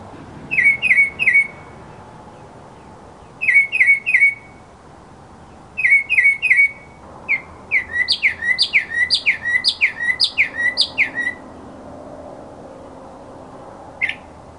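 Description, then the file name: Mockingbird song: three-note chirped phrases repeated several times, then a fast run of rising, squeaky notes, and a single note at the end. Mockingbird song recording presented as masteran, a tutor recording for training songbirds. "suara masteran mockingbird"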